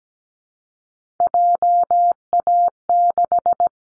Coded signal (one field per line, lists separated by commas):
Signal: Morse code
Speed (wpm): 17 wpm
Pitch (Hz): 700 Hz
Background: none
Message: JA6